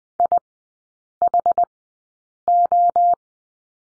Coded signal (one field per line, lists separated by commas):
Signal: Morse code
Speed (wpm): 20 wpm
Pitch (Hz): 700 Hz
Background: none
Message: IHO